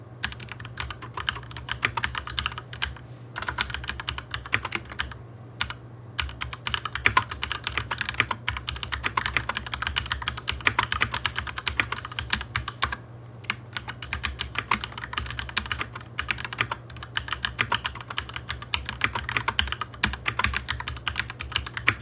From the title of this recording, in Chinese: 紅軸鍵盤打字聲